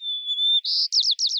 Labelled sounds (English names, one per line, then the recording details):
White-crowned Sparrow song
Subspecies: nuttalli
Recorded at Salinas River, California, in 2014
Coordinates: 36.774, -121.793
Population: admixed
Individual SALI_maleC